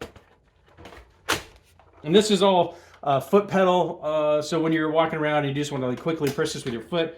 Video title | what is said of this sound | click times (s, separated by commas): This Shark Vacuum Might Be The Best There Is | and then it just Clips right back into place | 0.0 s